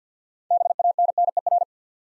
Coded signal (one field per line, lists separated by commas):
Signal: Morse code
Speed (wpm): 49 wpm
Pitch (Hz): 700 Hz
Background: none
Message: BANNER